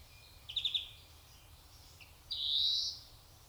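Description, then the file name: European greenfinch calls: a short run of rapid twittering notes, then a long nasal wheeze held for under a second. "Chloris chloris"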